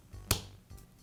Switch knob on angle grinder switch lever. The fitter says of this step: After you hear it click, you can remove the knob.